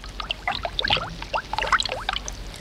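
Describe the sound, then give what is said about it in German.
A babbling brook, with a steady flow of water broken by quick, bright bubbling and gurgling blips that pop up irregularly throughout, moderately loud and with no voices. “Es plätschert der Bach.”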